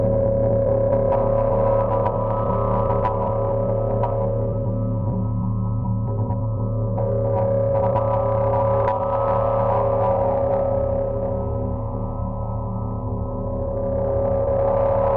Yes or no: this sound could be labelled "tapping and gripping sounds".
no